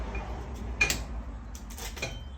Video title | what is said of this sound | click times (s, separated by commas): Wrenching on My Harley in Heels | Hear that click? That means you're good. | 0.8 s